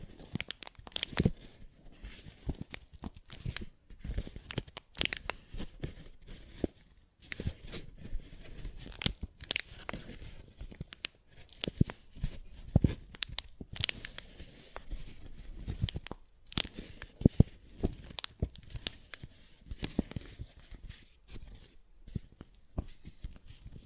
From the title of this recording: Paper Bag Tapping and Scratching Sounds